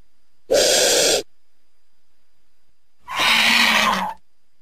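Vulture hissing in two rough, breathy bursts, the second longer with a faint droning tone underneath, separated by a few seconds of quiet.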